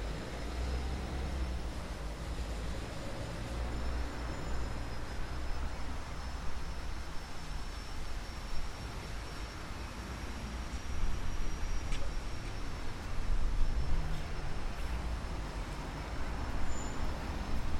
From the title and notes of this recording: Record location Ditchling Rise,Brighton Recorded with a H6 Zoom xy built in mic.